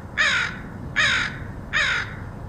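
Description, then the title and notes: Crow giving three loud, harsh, evenly spaced caws over a low rumbling background. Crows recorded in Portland, Oregon, in August 2003. "Crows recorded by Dan Bodah in Portland, OR"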